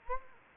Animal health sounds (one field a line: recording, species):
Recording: mosquito wingbeat signal from an infrared sensor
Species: Anopheles gambiae